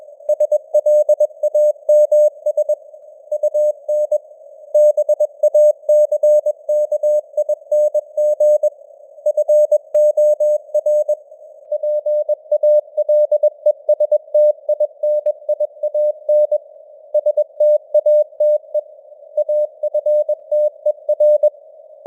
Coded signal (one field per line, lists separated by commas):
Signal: Morse code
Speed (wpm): 21 wpm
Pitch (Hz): 600 Hz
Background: none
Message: SLAMS UN BACKING FOR PALESTINIAN STATE AFTER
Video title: Morse Code News | 2025-09-27 | 21wpm